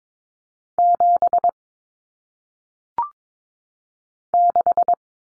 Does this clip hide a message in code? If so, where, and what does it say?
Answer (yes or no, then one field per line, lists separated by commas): yes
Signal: Morse code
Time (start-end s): 0.8-4.9 s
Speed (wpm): 22 wpm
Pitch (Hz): 700 Hz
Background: none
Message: 7 6